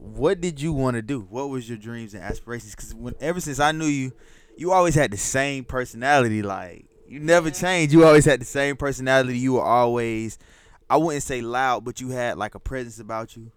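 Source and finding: Adult male speaker. Typical speech.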